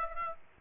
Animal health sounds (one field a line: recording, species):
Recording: mosquito wingbeat signal from an infrared sensor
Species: Aedes aegypti